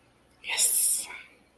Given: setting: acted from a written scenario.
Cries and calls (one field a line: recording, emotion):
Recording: vocal sound without words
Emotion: triumph